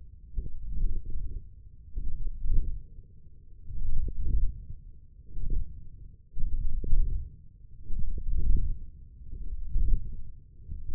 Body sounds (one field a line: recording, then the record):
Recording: forearm muscle sounds (acoustic myography)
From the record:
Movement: ulnar deviation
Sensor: system 1, eight BSWA MPA416 microphones around the upper forearm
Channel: 5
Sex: male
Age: 20 years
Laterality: left